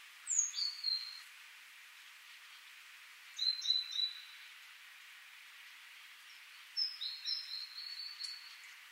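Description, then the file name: Great tit giving three short phrases of high, thin notes, spaced roughly three seconds apart, in a quiet setting. "Parus major"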